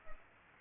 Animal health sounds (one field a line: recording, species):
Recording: mosquito wingbeat signal from an infrared sensor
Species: Aedes aegypti